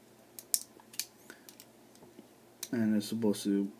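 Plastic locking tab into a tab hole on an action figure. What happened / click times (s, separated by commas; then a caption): Plastic parts are being handled; a sharp tick at 0.5 s could pass for a seating click, so not clearly unseated / none. A clear plastic locking tab is being handled and fitted toward the tab hole on a Transformers Prime Airachnid action figure. Several short, sharp plastic taps and clicks are heard early on, the loudest at about 0.5 s, followed by someone talking. Nothing has seated or clicked into place yet.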